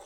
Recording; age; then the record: pig call; piglet (1 to 25 days)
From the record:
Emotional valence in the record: negative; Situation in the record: long isolation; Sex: female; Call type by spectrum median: low-frequency call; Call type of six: low-frequency tonal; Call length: 0.06 s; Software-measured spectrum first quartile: 642 Hz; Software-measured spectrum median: 1404 Hz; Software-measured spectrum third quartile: 5818 Hz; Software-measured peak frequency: 578 Hz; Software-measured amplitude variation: 28 dB a second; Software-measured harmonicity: 4.0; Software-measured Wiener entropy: -2.37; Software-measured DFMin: 705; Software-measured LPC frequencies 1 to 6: 693, 1929, 3485, 6114, 7711, 8418 Hz